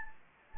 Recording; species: mosquito wingbeat signal from an infrared sensor; Anopheles gambiae